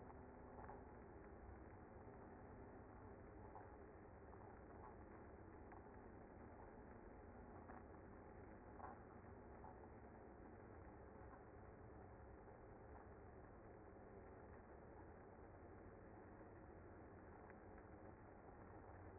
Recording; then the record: honeybee colony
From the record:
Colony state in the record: active